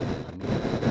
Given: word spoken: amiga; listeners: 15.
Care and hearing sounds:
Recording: one Spanish word in noise, from a listening test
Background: noise modulated by one talker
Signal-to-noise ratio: -12.4 dB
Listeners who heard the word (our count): 1 of 15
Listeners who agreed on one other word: 7 of 15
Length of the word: 0.51 s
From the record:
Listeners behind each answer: 7, 3, 1, 1, 1, 1, 1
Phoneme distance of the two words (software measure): 10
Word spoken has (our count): 3 syllables, 5 phonemes, stress on syllable 2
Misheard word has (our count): 3 syllables, 5 phonemes, stress on syllable 2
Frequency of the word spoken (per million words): 31.52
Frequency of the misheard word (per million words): 125.69

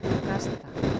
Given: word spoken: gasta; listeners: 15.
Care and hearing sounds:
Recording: one Spanish word in noise, from a listening test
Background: noise modulated by three-talker babble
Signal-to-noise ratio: -6.3 dB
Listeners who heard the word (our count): 0 of 15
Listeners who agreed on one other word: 6 of 15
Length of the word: 0.60 s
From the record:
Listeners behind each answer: 6, 4, 2, 1, 1, 1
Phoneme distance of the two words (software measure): 10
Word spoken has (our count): 2 syllables, 5 phonemes, stress on syllable 1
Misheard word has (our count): 2 syllables, 5 phonemes, stress on syllable 1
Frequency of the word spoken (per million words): 4.99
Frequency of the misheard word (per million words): 19.85

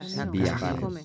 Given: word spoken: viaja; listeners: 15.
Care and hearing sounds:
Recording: one Spanish word in noise, from a listening test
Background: four-talker babble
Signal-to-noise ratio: -0.6 dB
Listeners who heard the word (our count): 0 of 15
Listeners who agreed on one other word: 12 of 15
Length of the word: 0.65 s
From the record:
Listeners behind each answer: 12, 1, 1, 1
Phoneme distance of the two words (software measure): 7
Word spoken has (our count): 2 syllables, 5 phonemes, stress on syllable 1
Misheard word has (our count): 2 syllables, 6 phonemes, stress on syllable 2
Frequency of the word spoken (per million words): 11.23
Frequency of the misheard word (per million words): 25.67

